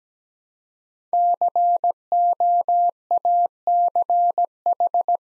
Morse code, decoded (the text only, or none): COACH